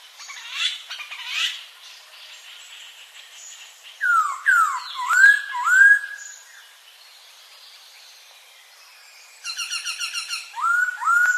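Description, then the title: Birds singing: loud slurred whistles rising in pitch, repeated several times, then a burst of rapid high trills and more rising whistles, with other faint chirps. Several bird species singing together. "Burung Campur"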